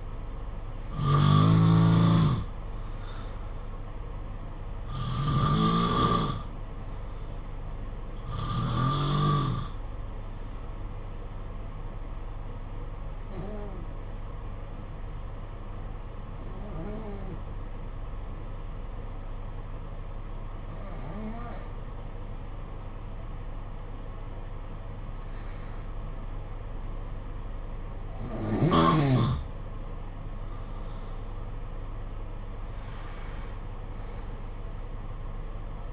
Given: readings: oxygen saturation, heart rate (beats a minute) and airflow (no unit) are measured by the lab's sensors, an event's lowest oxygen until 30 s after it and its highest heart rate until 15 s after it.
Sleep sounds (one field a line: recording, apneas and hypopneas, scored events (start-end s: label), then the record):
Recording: breathing in sleep by a smartphone at the bedside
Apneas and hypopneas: 1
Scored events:
12.00-30.30 s: hypopnea (N2, oxygen 94% highest, then 86% lowest, heart rate 53 at the start, 63 highest)
20.00-35.93 s: new sleep stage, N1 (lightest sleep)
From the record:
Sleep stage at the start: N2 (light sleep)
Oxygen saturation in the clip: 88 to 94%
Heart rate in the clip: 53 to 62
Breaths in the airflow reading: 9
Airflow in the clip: -5.8 to 7.5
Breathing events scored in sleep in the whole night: 476 in 9.7 hours asleep